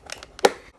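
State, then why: Seated. The other side of a plastic instrument cluster housing in an EF Civic, fitted with a Type R style cluster overlay, is pressed until its snap tab goes into the mating half. A few faint ticks and crinkly handling noises are followed by one sharp, loud click at about 0.5 s. The housing clicks into place and is seated.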